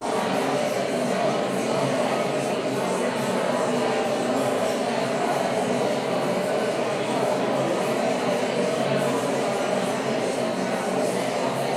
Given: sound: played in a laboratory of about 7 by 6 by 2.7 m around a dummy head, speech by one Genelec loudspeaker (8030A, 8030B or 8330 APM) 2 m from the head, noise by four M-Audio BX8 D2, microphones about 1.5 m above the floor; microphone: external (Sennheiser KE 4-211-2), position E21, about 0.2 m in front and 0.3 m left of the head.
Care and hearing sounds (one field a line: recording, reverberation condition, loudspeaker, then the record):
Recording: babble noise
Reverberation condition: high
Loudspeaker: four, about 170 cm from the corners of the room and facing them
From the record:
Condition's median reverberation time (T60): about 1300 ms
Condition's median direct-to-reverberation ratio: about -4.0 dB